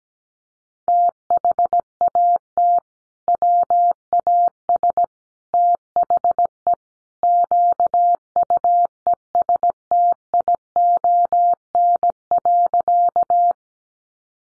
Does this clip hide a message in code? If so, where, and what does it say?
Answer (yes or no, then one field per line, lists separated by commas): yes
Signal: Morse code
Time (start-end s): 0.9-13.5 s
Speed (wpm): 17 wpm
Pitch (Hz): 700 Hz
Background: none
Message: THAT WAS THE QUESTION.